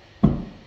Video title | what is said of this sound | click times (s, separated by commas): INFINITY QUICK RELEASE | locked with the button | 0.2 s